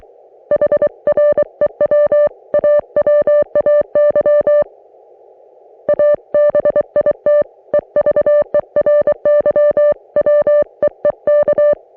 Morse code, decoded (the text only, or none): HREW AWAY A BIT EVERY WEEK